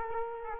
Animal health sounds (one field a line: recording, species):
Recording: mosquito wingbeat signal from an infrared sensor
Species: Culex quinquefasciatus